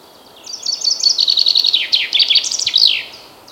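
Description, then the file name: Common chaffinch song of rapid high notes in quick series, finished by a quick terminal flourish, with steady low hiss behind. "Fringilla coelebs"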